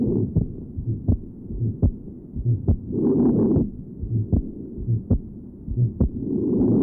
Has an innocent systolic murmur. Note the grunting character of the ejection systolic murmur and the normal splitting of the second heart sound. Taken at pulmonary area.